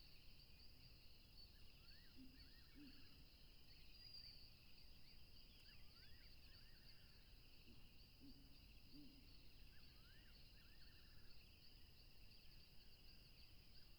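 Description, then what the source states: Crickets keep up a steady shrill chorus, with short looping chirps and a few low notes around two and nine seconds. Chorus of crickets recorded along a tropical river.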